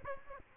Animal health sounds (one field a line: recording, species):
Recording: mosquito wingbeat signal from an infrared sensor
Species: Aedes aegypti